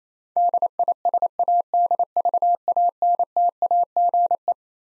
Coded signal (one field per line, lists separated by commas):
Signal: Morse code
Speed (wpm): 28 wpm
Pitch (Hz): 700 Hz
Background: none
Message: DISADVANTAGE